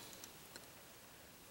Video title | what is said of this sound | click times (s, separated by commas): (Tutorial) Summer Royalty Necklace ( Video 196) Final in Series | like so until you hear it kind of click | 0.2 s, 0.6 s